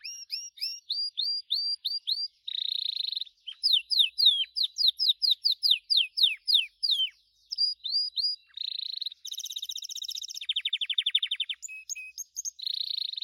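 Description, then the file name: Gloster canary song, a fast series of rising repeated notes broken by buzzy rolled trills and high whistled tours, with brief pauses between phrases. "canto do canario gloster"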